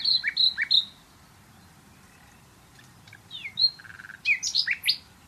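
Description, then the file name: Common nightingale singing short varied phrases: a few clear whistled notes, then after a pause a series of varied slurred and buzzy notes. "Luscinia megarhynchos"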